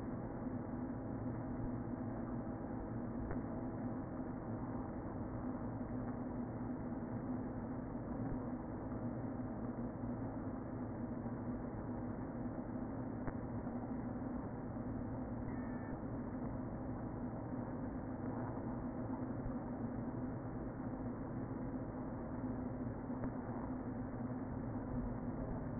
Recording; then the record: honeybee colony, microphone inside the hive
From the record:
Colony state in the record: queen present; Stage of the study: before two queens were removed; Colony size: about 60,000 bees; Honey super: yes